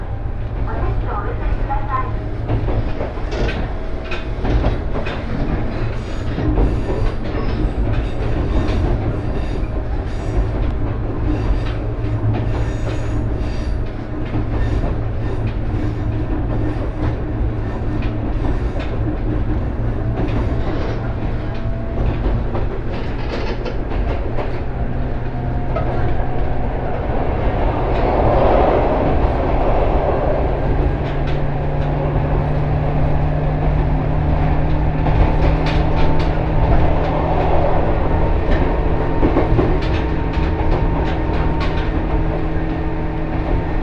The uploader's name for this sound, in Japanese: 井原鉄道 道上→神辺→備中呉妹